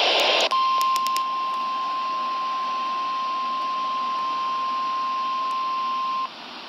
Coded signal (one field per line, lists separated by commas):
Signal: Emergency Alert System (SAME) tones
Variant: 1050 Hz attention tone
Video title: Severe Thunderstorm Watch #476 on KXI43 (7/19/2022) (EAS #1309)